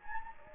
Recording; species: mosquito wingbeat signal from an infrared sensor; Anopheles gambiae